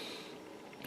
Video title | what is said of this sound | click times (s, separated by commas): Buck 110 vs 112 | hear that snap it's locked to | 0.8 s